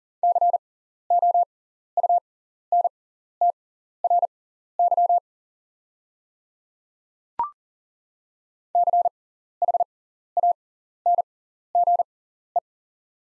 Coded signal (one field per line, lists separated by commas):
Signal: Morse code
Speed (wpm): 40 wpm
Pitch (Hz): 700 Hz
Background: none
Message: COUNTRY CHANGE